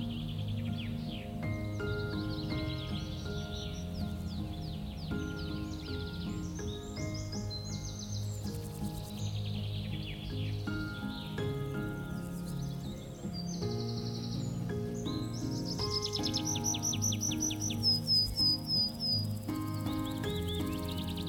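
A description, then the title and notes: Birds chirp and trill throughout over a steady bed of soft music with sustained low tones and held notes. Bird calls come in frequent quick bursts, growing busier and brighter after about fifteen seconds, with a faint low buzzing underneath. This episode of our podcast takes you deep into the countryside, with the soft songs of birds and buzzing of bees, accompanied by relaxing music.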